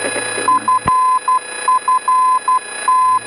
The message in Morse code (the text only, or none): FFT